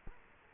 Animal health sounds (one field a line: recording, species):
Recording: mosquito wingbeat signal from an infrared sensor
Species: Culex quinquefasciatus